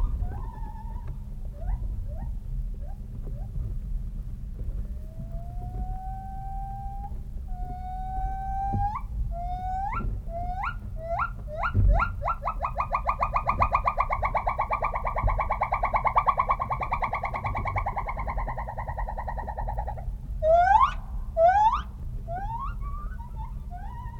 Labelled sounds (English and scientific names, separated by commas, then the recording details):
Silvery Javan Gibbon (Hylobates moloch)
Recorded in captivity
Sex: diverse
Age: adult
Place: Tierpark Berlin, Berlin, DE
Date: 1980-10-11
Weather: sonnig, windstill, 5 - 8°C
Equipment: Nagra SN, Kopie Uher 4200
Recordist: Tembrock, Günter